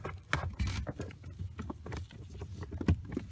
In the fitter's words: and you just push it in there you go and you heard the click so that that's it